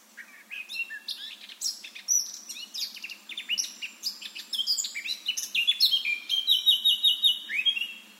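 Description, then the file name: Eurasian blackcap song, a scratchy, jumbled warble that grows louder and ends in clear, fluty repeated notes. "Sylvia atricapilla"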